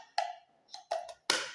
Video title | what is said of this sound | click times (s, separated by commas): 2026 my 1st video🫰-Low Budget Shopping 🛍️- Dmart Budget Home Items in Tamil 🏠 #trending #2026 #tamil | ஒரு sound கேக்குதுல்ல இப்ப lock ஆயிடுச்சு. | 1.3 s